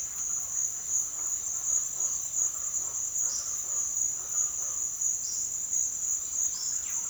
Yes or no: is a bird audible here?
yes